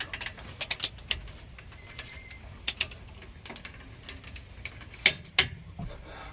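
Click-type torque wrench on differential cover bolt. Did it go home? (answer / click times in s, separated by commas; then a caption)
yes / 5.4 s. A click-type torque wrench ratchets the next differential cover bolt on an F-150 during a limited-slip differential fluid change, working diagonally across the cover. A series of sharp ratchet clicks is heard, ending with the wrench clicking at its torque setting at 5.4 s, confirming the bolt is torqued.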